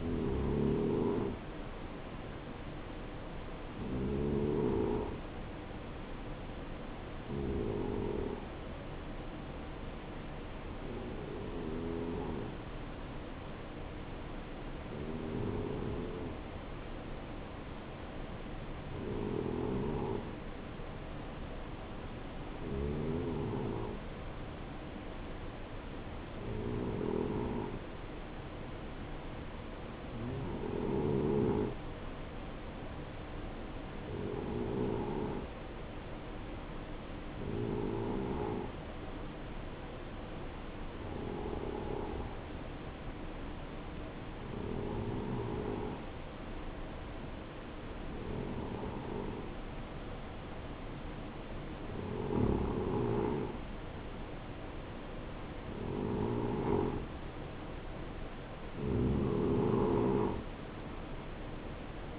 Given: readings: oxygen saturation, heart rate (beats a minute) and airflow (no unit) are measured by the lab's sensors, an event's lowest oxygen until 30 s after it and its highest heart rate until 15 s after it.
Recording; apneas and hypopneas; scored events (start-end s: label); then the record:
breathing in sleep by a voice recorder at the bedside; 1
4.00-54.80 s: hypopnea (N2, oxygen 93% highest, then 90% lowest, heart rate 62 at the start, 68 highest)
From the record:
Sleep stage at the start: N2 (light sleep); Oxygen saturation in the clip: 91 to 93%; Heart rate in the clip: 61 to 67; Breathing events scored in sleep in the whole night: 277 in 7.4 hours asleep